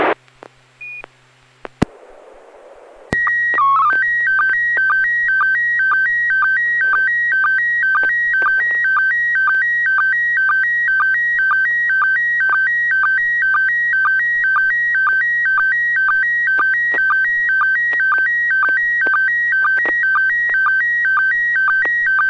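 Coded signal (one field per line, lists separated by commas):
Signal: SSTV (slow-scan television)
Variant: PD-120 mode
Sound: brief header tones, then steady warbling tones with regular short low sync chirps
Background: low electrical hum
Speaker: we will start with Mr Alpha India six Delta golf who answered very good pd-120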